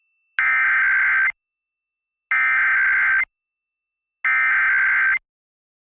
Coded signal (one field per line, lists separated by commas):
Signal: Emergency Alert System (SAME) tones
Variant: header bursts